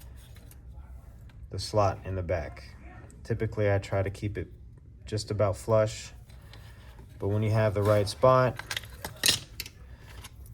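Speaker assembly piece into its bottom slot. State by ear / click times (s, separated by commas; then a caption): seated / 9.6 s. A speaker assembly piece is pushed into its slot at the bottom, positioned to sit about flush with the slot in the back, while someone talks. Once it reaches the right spot it snaps into place with a sharp click at 9.6 seconds, seating the part.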